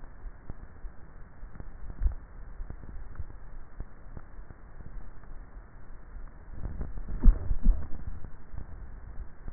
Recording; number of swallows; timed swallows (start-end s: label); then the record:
swallowing sounds by neck microphone; 2
2.00-3.20 s: swallow
8.63-9.30 s: swallow
From the record:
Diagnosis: dysphagia